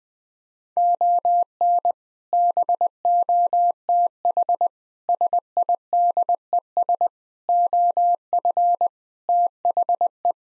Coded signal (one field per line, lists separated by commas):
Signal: Morse code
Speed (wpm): 20 wpm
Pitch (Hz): 700 Hz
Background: none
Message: ON BOTH SIDES OF THE